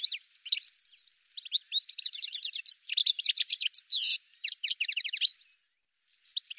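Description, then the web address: Bird twittering: quick high chirps running together into a busy stream, then a pause with a few faint chirps at the end. "birddata Deverinetal 2025 Bird Ca Ca Ca Ca"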